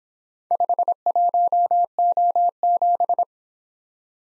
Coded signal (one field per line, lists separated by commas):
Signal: Morse code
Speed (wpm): 26 wpm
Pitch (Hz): 700 Hz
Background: none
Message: 51O7